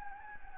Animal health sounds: mosquito wingbeat signal from an infrared sensor; Anopheles gambiae

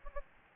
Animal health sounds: mosquito wingbeat signal from an infrared sensor; Aedes albopictus

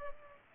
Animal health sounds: mosquito wingbeat signal from an infrared sensor; Culex pipiens

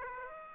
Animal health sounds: mosquito wingbeat signal from an infrared sensor; Aedes aegypti

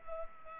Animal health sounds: mosquito wingbeat signal from an infrared sensor; Culex pipiens

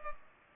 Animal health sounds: mosquito wingbeat signal from an infrared sensor; Culex pipiens

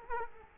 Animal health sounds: mosquito wingbeat signal from an infrared sensor; Culex quinquefasciatus

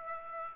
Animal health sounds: mosquito wingbeat signal from an infrared sensor; Aedes aegypti

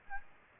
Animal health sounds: mosquito wingbeat signal from an infrared sensor; Aedes aegypti

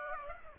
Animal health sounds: mosquito wingbeat signal from an infrared sensor; Aedes aegypti

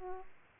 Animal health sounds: mosquito wingbeat signal from an infrared sensor; Aedes aegypti

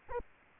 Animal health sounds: mosquito wingbeat signal from an infrared sensor; Aedes aegypti

